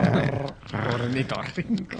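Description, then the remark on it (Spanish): A voice imitates a platypus's chattering growl, making low, raspy, throaty bursts that come in several uneven pulses over about two seconds, fairly loud throughout. “El sonido que hacen es como un gruñidito.”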